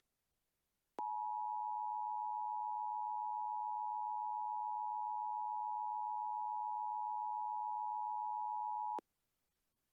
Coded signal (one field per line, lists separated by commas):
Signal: Emergency Alert System (SAME) tones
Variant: 853 and 960 Hz attention tone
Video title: EAS Halloween Special 2019: Drunk Sasquatch Alert (EAS Comedy)